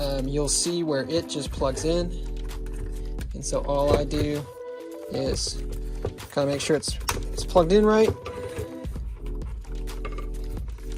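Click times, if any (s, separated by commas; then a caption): none. A plastic front faceplate is being fitted onto a Jeep/Chrysler/Dodge car radio head unit after checking that its connector is plugged in right, while someone talks over background music. Only small handling taps are heard. The clip ends before the faceplate goes home, so nothing has snapped into place yet.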